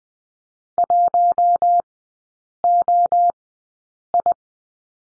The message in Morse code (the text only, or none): 1OI